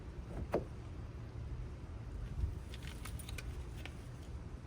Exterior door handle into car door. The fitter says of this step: and then push it till it clicks back into place.